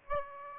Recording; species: mosquito wingbeat signal from an infrared sensor; Aedes aegypti